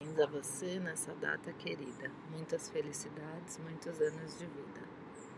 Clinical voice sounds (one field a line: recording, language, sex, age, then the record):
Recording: short text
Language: Brazilian Portuguese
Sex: female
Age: 30 to 39 years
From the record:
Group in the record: control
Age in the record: 39 years